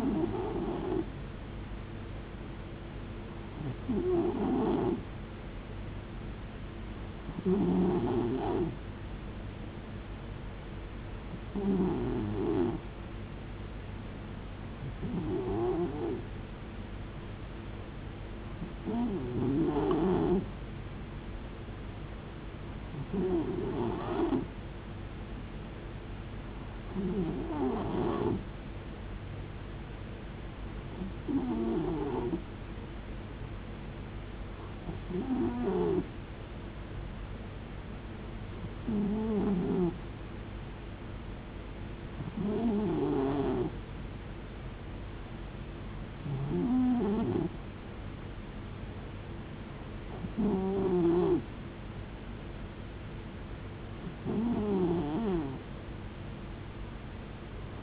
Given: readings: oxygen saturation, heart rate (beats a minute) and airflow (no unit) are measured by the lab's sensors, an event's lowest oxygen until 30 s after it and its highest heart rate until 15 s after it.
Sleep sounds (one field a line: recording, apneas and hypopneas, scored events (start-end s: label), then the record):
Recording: breathing in sleep by a voice recorder at the bedside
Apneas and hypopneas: none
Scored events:
none scored
From the record:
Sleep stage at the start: N2 (light sleep)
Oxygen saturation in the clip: 91 to 92%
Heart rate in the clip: 59 to 72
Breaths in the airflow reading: 15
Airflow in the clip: -5.6 to 4.0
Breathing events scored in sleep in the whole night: 389 in 6.3 hours asleep